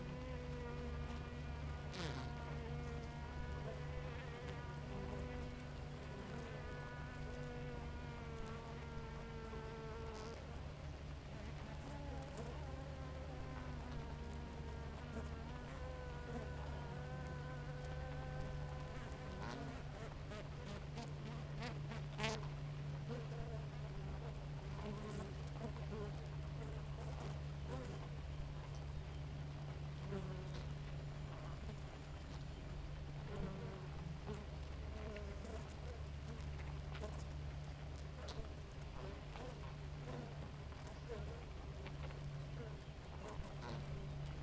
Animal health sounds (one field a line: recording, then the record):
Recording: honeybee colony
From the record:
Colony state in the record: active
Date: 28 July 2017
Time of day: 4:30